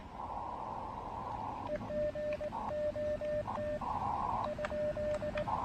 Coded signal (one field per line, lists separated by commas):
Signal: Morse code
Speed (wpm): 17 wpm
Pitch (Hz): 590 Hz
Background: radio noise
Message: EGOT ?